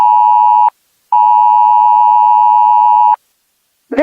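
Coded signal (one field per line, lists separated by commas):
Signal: Emergency Alert System (SAME) tones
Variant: 853 and 960 Hz attention tone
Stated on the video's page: Fictional EAS alert about an alien landing.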